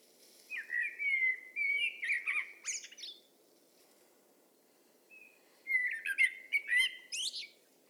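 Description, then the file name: Common blackbird song, two phrases: a mellow fluted warble climbing into scratchy high twitters, a silent gap, then a similar phrase. "Turdus merula"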